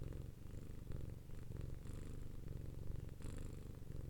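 Domestic cat purr, a deep, continuous low vibrating rumble with occasional soft rustling.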